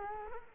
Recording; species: mosquito wingbeat signal from an infrared sensor; Culex quinquefasciatus